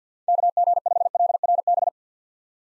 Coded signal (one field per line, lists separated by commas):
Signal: Morse code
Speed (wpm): 50 wpm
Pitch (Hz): 700 Hz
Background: none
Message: KG5LRB